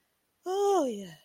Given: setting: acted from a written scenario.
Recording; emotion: vocal sound without words; relief